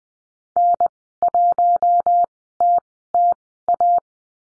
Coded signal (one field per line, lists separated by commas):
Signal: Morse code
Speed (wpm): 20 wpm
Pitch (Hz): 700 Hz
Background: none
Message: N1TTA